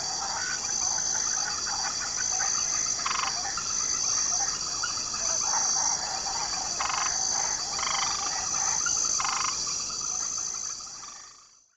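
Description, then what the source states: Frog croaks come as brief pulsed rattles at irregular intervals beneath a steady high insect whine, and the sound fades out at the end. Jungle setting with frogs and insects calling together.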